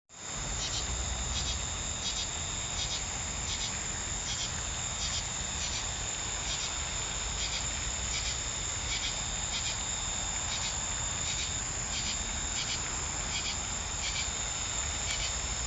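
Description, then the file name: Crickets in a steady, unbroken trilling chorus with high ringing tones and a faint rhythmic pulsing, set over a constant broad hiss. Southern summer evening. "Southern Summer Evening Ambience With Crickets"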